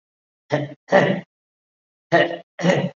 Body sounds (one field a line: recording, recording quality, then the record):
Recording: shallow voluntary cough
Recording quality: moderate, slight background noise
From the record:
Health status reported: COVID-19 positive, no symptoms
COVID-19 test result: positive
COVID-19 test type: RT-PCR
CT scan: not taken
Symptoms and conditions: another respiratory illness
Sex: male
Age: 45 years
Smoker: yes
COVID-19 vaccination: both doses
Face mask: worn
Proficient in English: no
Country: India